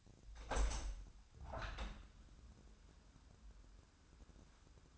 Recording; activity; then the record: daily activity, microphone in the room; open window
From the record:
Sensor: 2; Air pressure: 1006.2 hPa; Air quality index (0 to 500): 185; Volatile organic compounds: 10 ppm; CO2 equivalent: 2255 ppm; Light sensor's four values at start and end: 8/20/8/8 and 9/21/9/9